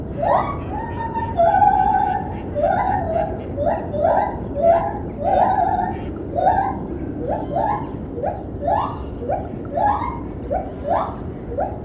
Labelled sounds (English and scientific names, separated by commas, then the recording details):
Lar Gibbon (Hylobates lar)
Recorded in captivity
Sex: pair
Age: adult
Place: Tierpark Berlin, Berlin, DE
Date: 1972-12-16
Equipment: Uher 4200 Report Stereo, Sennheiser MD 421
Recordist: Tembrock, Günter
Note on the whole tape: Lautfolgen und Gesänge des Männchens, sowie eines Weibchens, welches sich im Haus befindet. Von Außen nach Innen aufgenommen, vorbeifliegendes Flugzeug übersteuert die Aufnahme